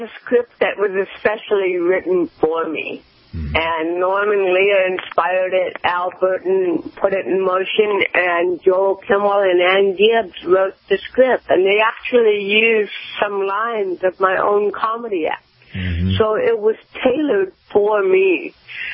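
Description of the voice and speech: An adult woman with cerebral palsy speaks in connected, intelligible phrases, with heavy nasal resonance, creaky patches, stretched sounds and slightly slow, effortful delivery. These are signs of mild dysarthria. There is a faint phone-line quality.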